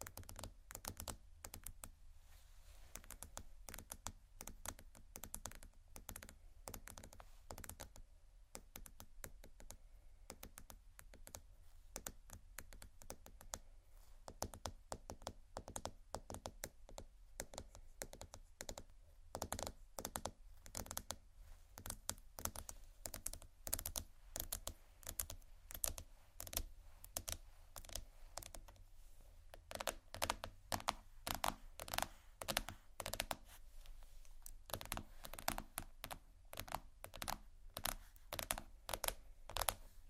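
Dense, rapid plastic tapping with soft crinkles and scratches runs throughout, sparser early on and growing busier and sharper after twenty seconds.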